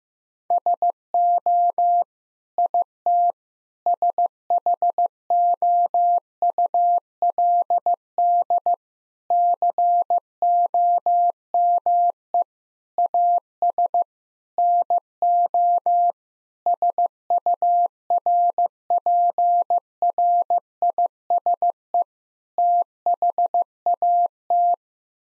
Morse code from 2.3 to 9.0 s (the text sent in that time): IT SHOULD